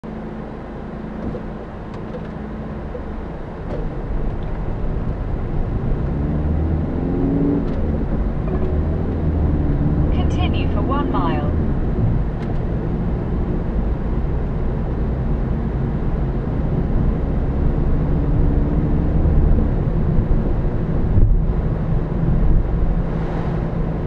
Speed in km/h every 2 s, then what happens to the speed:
0, 0, 0, 18, 24, 32, 37, 40, 42, 47, 48, 50.
0-4 standing. 4-19 pulls away to 48.